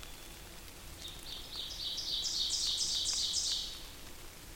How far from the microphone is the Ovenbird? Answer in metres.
about 25 m